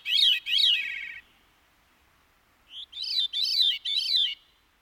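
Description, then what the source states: Veery song: liquid, rolling phrases, two, then a pause, a short note and three more. Complex two-part song of liquid notes spiralling down the scale, sounding like two notes at once from a divided syrinx.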